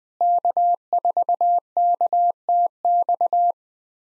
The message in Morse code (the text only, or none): K4KTX